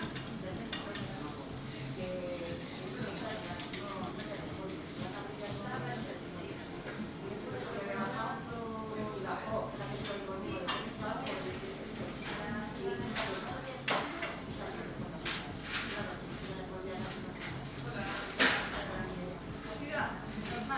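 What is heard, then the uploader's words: Customers talk and order steadily over a dense murmur of voices in a coffee shop. Sharp clinks and clatters of crockery and coins break through often, with a loud clack near eighteen seconds. A low, continuous hum runs underneath throughout. In Situ Season 1 episodes are 5 minutes of ambient sound recorded along del Norte, the northern coastal route of the Camino de Santiago network of pilgrimage paths converging in Spain. These tiny meditations are made with binaural microphones.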